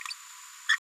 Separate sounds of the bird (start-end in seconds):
0.68-0.77